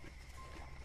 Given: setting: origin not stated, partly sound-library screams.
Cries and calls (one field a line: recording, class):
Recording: one-second piece from a danger detection set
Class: normal situation